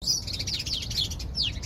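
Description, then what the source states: House sparrows chirping together in a busy, overlapping chatter of high, quick notes over a steady low rumble. Flock hidden in a shrub in Paris, in a thriving colony in a garden near the Gare de Lyon; sparrows heard less and less.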